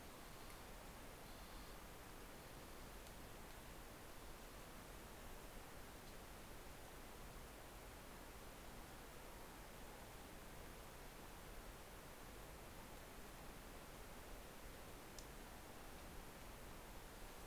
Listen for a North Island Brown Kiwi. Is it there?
no